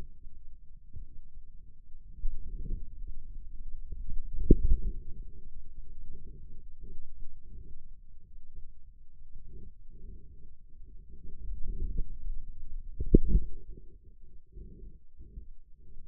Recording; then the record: forearm muscle sounds (acoustic myography)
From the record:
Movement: outward rotation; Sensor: system 2, bracelet of six BSWA MPA416 microphones around the upper forearm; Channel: 1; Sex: male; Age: 22 years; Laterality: right